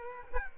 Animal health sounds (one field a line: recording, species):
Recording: mosquito wingbeat signal from an infrared sensor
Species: Culex quinquefasciatus